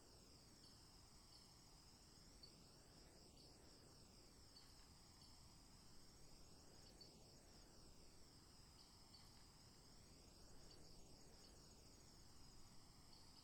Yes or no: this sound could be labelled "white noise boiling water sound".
no